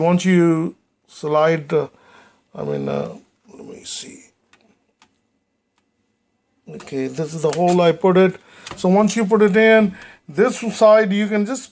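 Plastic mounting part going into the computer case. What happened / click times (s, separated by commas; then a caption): The plastic part is being positioned in its hole, not yet snapped in / none. During a power supply install in a Power Mac G5, a plastic mounting part is lined up in its hole in the computer case and positioned before being pressed home. Someone talks while a few faint ticks from handling the part sound around 4.5 s, 4.6 s, 5.0 s and 5.8 s. Nothing has snapped in yet; the snap comes later, after the back is pressed with a fingernail.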